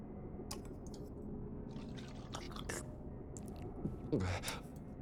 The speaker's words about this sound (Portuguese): O que é isto? Isso é água. Tu não me digas que nunca tinhas bebido água antes. Sabe tão bem.